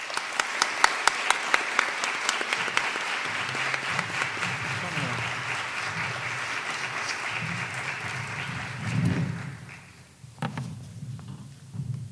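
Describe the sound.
An audience at a Fundación Ceytec conference breaks into sustained applause to welcome a speaker, dense clapping that stays steady for several seconds before tapering off, with a murmur of voices and a brief swell near the end.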